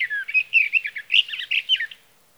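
Sage thrasher singing a short burst of rapid, varied warbling notes, slurred up and down and run together without pause, ending after two seconds in silence.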